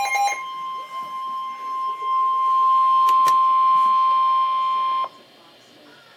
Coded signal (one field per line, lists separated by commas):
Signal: Emergency Alert System (SAME) tones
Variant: 1050 Hz attention tone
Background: speech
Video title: Severe Thunderstorm Warning - EAS #169